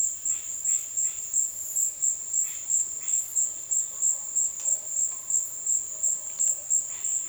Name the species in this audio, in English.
Yellow-rumped Cacique